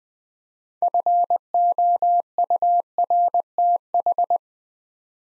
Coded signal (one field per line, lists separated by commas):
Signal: Morse code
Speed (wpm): 20 wpm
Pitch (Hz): 700 Hz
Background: none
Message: FOURTH